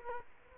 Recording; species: mosquito wingbeat signal from an infrared sensor; Culex quinquefasciatus